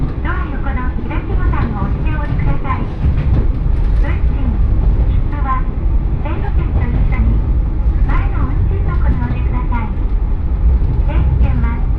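A two-car diesel railcar runs along at an easy pace, its engine a constant low rumble with a steady hum beneath. Voices talk almost continuously over it throughout, and the overall loudness stays even from start to finish.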